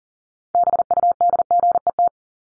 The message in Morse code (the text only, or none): BUDGET